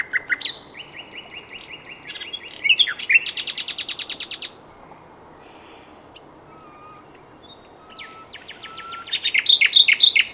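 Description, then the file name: Common nightingale song with a long rapid rattle of repeated clicks, a quiet gap with faint thin whistles, then a loud varied burst of notes. "Luscinia megarhynchos"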